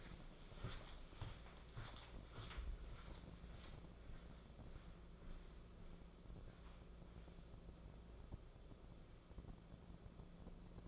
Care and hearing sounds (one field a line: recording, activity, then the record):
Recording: daily activity, microphone in the room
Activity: walk to room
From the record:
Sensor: 5